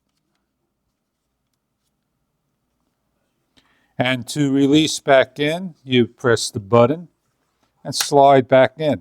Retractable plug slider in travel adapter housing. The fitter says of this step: to get to the next one you do the same exact thing by sliding 100% listen for the click